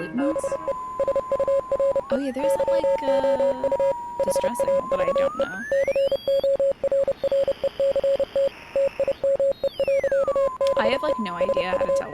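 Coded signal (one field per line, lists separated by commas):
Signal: Morse code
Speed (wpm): 30 wpm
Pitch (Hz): 550 Hz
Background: speech, music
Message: BE SURE YOU HAVE CORRECT TIME. BE SU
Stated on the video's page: Morse code in the game Oxenfree.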